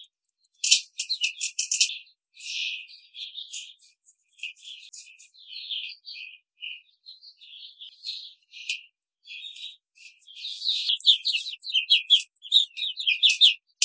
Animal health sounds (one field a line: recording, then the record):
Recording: young laying hens in a cage, short pieces joined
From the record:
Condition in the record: control cage, before the stress test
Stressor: none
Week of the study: 5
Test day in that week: 1